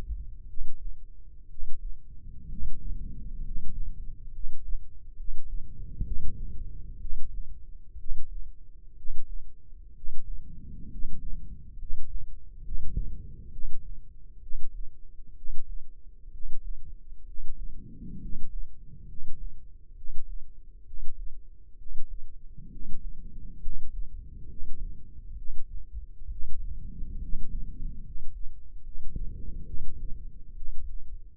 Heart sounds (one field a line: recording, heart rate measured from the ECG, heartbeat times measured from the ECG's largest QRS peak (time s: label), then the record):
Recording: heart sounds by microphone in the left ear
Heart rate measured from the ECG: 66 bpm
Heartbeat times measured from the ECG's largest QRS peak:
0.47 s: heartbeat
1.48 s: heartbeat
2.48 s: heartbeat
3.43 s: heartbeat
4.31 s: heartbeat
5.15 s: heartbeat
6.03 s: heartbeat
6.99 s: heartbeat
7.97 s: heartbeat
8.95 s: heartbeat
9.94 s: heartbeat
10.89 s: heartbeat
11.77 s: heartbeat
12.62 s: heartbeat
13.50 s: heartbeat
14.40 s: heartbeat
15.35 s: heartbeat
16.30 s: heartbeat
17.25 s: heartbeat
18.19 s: heartbeat
19.06 s: heartbeat
19.95 s: heartbeat
20.84 s: heartbeat
21.76 s: heartbeat
22.70 s: heartbeat
23.60 s: heartbeat
24.47 s: heartbeat
25.35 s: heartbeat
26.29 s: heartbeat
27.19 s: heartbeat
28.02 s: heartbeat
28.82 s: heartbeat
29.64 s: heartbeat
30.54 s: heartbeat
From the record:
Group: healthy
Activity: rest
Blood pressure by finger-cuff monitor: 110/65 mmHg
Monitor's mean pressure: 79 mmHg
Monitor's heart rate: 64 bpm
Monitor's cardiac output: 7.3 L/min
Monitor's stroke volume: 113 mL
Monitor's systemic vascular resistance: 770 dyn s/cm5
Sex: male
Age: 23 years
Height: 178 cm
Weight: 96.6 kg